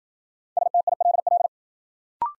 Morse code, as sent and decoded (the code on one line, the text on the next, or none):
... - .. .-.. .-..
STILL